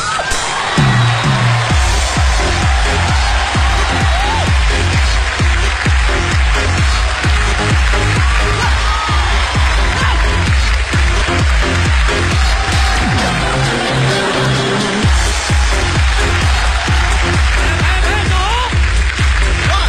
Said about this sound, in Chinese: 我们的演员听说这个消息之后已经跃跃欲试了，拿出最热烈的掌声，有请他们登场。